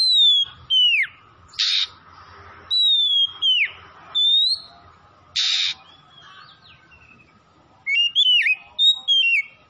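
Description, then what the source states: Oriental magpie-robin song of clear whistled slurs mixed with harsh scratchy notes, phrases repeated with short gaps, ending in a quicker run of varied whistles. Kacer from Tretes, singing vigorously (gacor).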